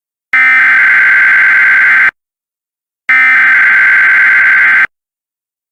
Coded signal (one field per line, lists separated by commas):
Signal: Emergency Alert System (SAME) tones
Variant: header bursts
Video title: EAS Scenario - Deep Freeze